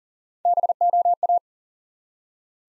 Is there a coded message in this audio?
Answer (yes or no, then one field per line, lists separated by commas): yes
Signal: Morse code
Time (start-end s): 0.5-1.4 s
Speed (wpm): 43 wpm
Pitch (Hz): 700 Hz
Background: none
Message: BOA